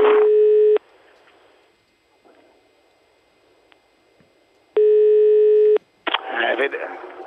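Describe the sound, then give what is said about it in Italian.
Two long, steady electronic ringback tones sound on a phone line as a call is placed to the Italian politician Gaglione. A pause of faint line noise separates them, with a burst of noisy speech-like sound at the end. “Ah, ecco qua, squilla, rispondi, onorevole assenteista.”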